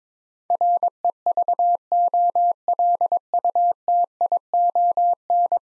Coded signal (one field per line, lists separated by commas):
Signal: Morse code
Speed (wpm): 22 wpm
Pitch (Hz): 700 Hz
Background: none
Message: REVOLUTION